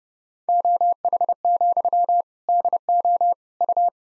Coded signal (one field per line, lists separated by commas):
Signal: Morse code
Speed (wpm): 30 wpm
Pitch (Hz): 700 Hz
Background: none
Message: OH, DO U